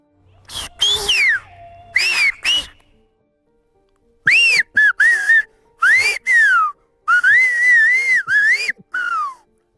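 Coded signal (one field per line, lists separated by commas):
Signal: whistled language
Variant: Silbo canario (Gran Canaria)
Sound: brief talk, then several phrases of loud gliding whistles rising and falling in pitch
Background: speech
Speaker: A lo mejor estábamos allá abajo, lo llamaba, ven para abajo o ven para arriba, esto, lo otro. O las cabras están en tal sitio.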